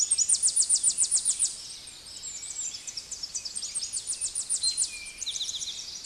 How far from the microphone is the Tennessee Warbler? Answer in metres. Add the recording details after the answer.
about 20 m. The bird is about 20 m above the microphone. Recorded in a Pennsylvania forest on 16 May 2024 at 09:53. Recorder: AudioMoth, point MSD-0407. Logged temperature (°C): 15.8 °C. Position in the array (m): 65 m, 170 m